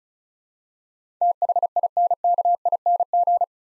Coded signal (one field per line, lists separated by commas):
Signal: Morse code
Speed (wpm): 34 wpm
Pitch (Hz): 700 Hz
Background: none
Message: THINKING